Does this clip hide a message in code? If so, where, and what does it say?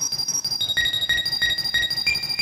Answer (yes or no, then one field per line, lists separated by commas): no